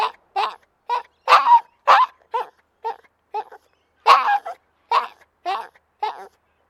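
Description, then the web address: Maltese dog whining: a rapid series of about a dozen short, high, tonal whimpers and yelps, some wavering, coming in quick uneven bursts. Small dog in a distressed state. "Sound Effects-Foundation 2 DOG MALTESE TERRIER DISTRESSED WHINE"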